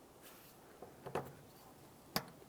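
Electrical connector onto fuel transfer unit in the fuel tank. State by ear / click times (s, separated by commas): seated / 2.2 s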